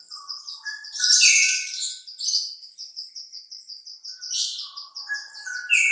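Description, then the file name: Sooty-headed bulbul song: a fast run of high repeated chirps, with lower whistled notes at the start and end. Kutilang singing in the trucukan song style. "suara kutilang trucukan"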